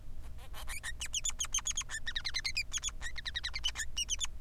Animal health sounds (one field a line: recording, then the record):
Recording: song of a male Bengalese finch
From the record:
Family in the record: son of father 3